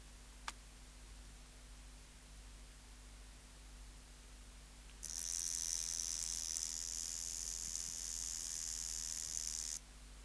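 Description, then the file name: Wing-buzzing grasshopper: after a lone click and several quiet seconds, a grasshopper starts a loud, high, fizzing buzz that holds for nearly five seconds, then stops. "Stenobothrus rubicundulus"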